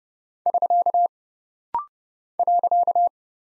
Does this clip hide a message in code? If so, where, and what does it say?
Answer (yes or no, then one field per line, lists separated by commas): yes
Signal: Morse code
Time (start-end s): 0.5-3.1 s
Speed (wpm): 30 wpm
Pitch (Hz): 700 Hz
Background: none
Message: <SK> .